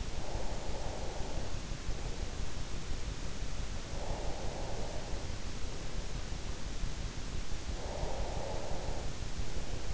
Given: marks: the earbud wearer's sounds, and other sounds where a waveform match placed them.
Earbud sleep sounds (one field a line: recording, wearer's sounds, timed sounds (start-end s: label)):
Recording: sounds in sleep by an in-ear microphone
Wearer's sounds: breath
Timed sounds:
0.00-1.81 s: breath
3.55-5.43 s: breath
7.63-9.47 s: breath